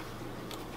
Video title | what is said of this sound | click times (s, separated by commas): Amazon Favorites February 2020 | then you could just twist it this way to lock into place and then | 0.5 s